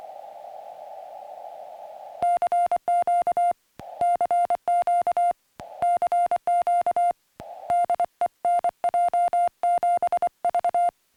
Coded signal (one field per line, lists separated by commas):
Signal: Morse code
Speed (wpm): 24 wpm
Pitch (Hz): 700 Hz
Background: music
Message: CQ CQ CQ DE NJ7V